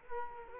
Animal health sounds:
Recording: mosquito wingbeat signal from an infrared sensor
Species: Culex quinquefasciatus

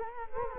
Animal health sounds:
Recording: mosquito wingbeat signal from an infrared sensor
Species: Culex quinquefasciatus

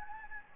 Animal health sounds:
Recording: mosquito wingbeat signal from an infrared sensor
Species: Anopheles gambiae

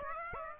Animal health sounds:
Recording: mosquito wingbeat signal from an infrared sensor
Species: Aedes aegypti

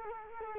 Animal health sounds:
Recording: mosquito wingbeat signal from an infrared sensor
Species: Culex quinquefasciatus

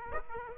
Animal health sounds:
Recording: mosquito wingbeat signal from an infrared sensor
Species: Aedes aegypti

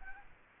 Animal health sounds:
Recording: mosquito wingbeat signal from an infrared sensor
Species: Aedes aegypti

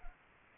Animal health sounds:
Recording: mosquito wingbeat signal from an infrared sensor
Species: Culex pipiens

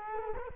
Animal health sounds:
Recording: mosquito wingbeat signal from an infrared sensor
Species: Culex quinquefasciatus

